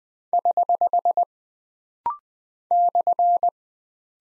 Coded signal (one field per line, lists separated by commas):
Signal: Morse code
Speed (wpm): 20 wpm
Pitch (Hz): 700 Hz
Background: none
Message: <HH> /